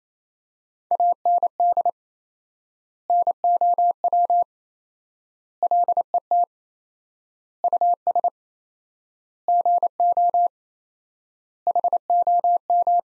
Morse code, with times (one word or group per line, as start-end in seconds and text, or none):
0.9-1.9 AND
3.1-4.4 NOW
5.6-6.4 LET
7.6-8.3 US
9.5-10.5 GO
11.7-13.0 HOM